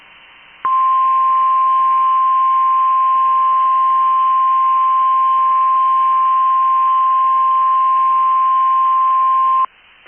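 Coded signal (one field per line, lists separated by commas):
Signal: Emergency Alert System (SAME) tones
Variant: 1050 Hz attention tone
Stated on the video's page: Required Weekly Test.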